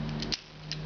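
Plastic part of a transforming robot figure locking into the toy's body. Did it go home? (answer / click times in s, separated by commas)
yes / 0.7 s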